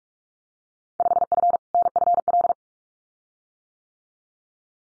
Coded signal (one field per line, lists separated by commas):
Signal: Morse code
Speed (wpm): 44 wpm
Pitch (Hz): 700 Hz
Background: none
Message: 5F NFL